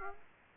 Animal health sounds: mosquito wingbeat signal from an infrared sensor; Aedes aegypti

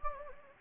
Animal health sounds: mosquito wingbeat signal from an infrared sensor; Anopheles gambiae

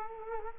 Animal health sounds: mosquito wingbeat signal from an infrared sensor; Culex quinquefasciatus

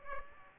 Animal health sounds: mosquito wingbeat signal from an infrared sensor; Aedes aegypti

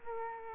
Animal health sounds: mosquito wingbeat signal from an infrared sensor; Culex quinquefasciatus

